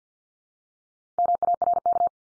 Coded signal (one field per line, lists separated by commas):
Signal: Morse code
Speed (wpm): 50 wpm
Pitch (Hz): 700 Hz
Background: none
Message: MARK